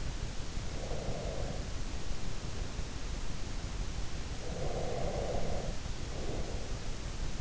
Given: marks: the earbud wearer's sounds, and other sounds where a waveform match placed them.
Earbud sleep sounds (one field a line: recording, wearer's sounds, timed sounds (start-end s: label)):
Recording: sounds in sleep by an in-ear microphone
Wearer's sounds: breath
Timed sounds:
0.75-2.84 s: breath
4.39-6.88 s: breath